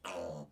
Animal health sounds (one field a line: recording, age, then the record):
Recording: pig call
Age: piglet (1 to 25 days)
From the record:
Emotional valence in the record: negative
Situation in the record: restrain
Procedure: back test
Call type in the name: low-frequency call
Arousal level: medium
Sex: female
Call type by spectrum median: low-frequency call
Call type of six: low-frequency stable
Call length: 0.51 s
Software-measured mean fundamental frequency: 50 Hz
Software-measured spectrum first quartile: 490 Hz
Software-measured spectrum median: 791 Hz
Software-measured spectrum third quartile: 1981 Hz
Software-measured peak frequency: 538 Hz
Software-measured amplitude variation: 166 dB a second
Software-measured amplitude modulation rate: 24.3 a second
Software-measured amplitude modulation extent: 6.8 dB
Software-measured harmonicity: 2.6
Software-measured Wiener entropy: -2.05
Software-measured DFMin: 1285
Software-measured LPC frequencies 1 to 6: 593, 1216, 2586, 4448, 5804, 6816 Hz